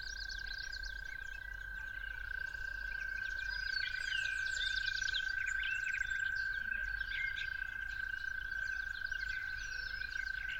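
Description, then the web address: Toads giving a sustained steady trill without pause, with a lively mix of bird songs, chirps and whistles layered above it. Toads calling at dawn. "musicofnature Toads at Dawn"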